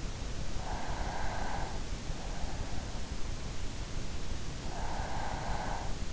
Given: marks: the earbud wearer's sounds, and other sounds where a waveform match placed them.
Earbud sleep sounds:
sounds in sleep by an in-ear microphone; breath
0.30-2.13 s: breath
4.64-6.12 s: breath

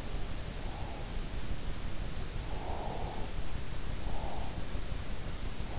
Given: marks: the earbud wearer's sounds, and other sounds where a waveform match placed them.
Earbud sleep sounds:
sounds in sleep by an in-ear microphone; breath
2.37-4.70 s: breath

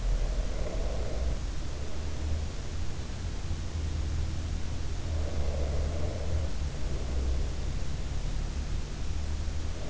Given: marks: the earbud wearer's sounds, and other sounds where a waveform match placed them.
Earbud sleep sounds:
sounds in sleep by an in-ear microphone; breath
0.00-3.44 s: breath
4.97-8.03 s: breath

